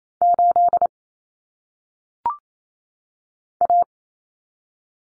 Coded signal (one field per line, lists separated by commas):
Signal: Morse code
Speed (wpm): 28 wpm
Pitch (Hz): 700 Hz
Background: none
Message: 8 A